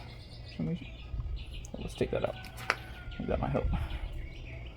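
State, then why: Not seated. Someone talks while handling a plastic harness connector at the mating connector on an electric go-kart's controller wiring, after pulling something out of the way. Birds chirp in the background, with a few brief sharp handling sounds around 1.7 seconds. Nothing has seated or clicked yet by the end of the clip.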